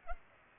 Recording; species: mosquito wingbeat signal from an infrared sensor; Culex pipiens